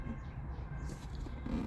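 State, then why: Not seated. The rear console wiring harness connector of a Kia Sportage floor center console is handled at its mating plastic vehicle-side socket, ready to be pushed straight in. Only quiet, steady low-frequency handling noise is heard, with one faint brief tick near 1.2 s. The connector has not seated or clicked yet.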